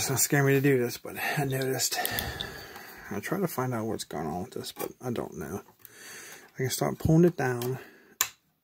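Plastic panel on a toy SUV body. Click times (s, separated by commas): 8.2 s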